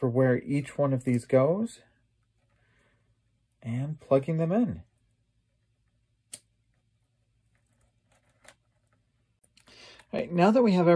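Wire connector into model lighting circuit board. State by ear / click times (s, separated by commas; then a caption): seated / 6.3 s, 8.5 s. Small plastic wire connectors for the lighting of a 1:1000 Enterprise (Discovery) model are pressed onto the circuit board headers during final wiring, while someone talks at the start, middle and end. Two short sharp clicks sound at 6.3 s and 8.5 s as the connectors click into the circuit board, seated.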